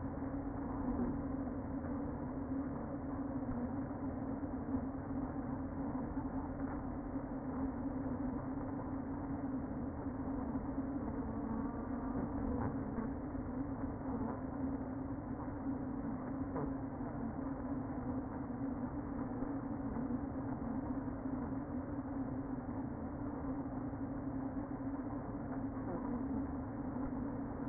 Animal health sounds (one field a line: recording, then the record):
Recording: honeybee colony, microphone inside the hive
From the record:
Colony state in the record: queen present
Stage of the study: before two queens were removed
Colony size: about 60,000 bees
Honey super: yes